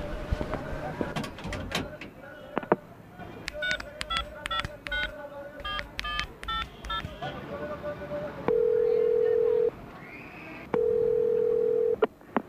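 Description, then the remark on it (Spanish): A telephone keypad being dialed in a phone booth, a quick string of short electronic beeps, followed by two long, steady ringback tones with a pause between them. Faint background noise throughout. “¿Me presta su teléfono?”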